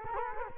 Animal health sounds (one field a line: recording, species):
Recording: mosquito wingbeat signal from an infrared sensor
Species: Culex quinquefasciatus